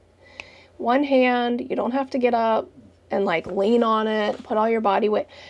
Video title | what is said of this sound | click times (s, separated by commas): 10 Free Instagram Crochet Patterns #ShareTheLoveIGChallenge + Pattern Test and a Bonus Crochet Find | And you literally just crank it until it snaps tight. | 0.4 s